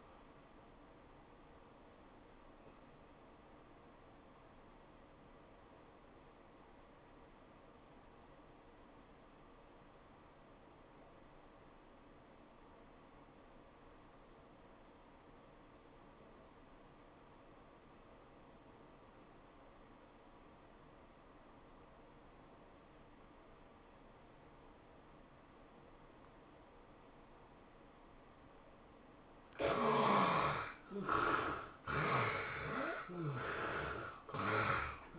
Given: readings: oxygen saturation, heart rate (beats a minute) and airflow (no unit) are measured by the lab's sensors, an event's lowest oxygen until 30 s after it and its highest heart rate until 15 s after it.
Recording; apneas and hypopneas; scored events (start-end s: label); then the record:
a person awake in a sleep study, by a voice recorder at the bedside; 1
0.00-35.19 s: awake
4.00-30.70 s: obstructive apnea (scored as awake, oxygen 95% highest, then 70% lowest, heart rate 99 at the start, 110 highest)
From the record:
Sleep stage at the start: awake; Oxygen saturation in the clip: 75 to 95%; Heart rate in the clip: 80 to 107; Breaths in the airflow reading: 4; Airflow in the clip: -12.2 to 12.1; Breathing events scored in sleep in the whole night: 403 in 5.5 hours asleep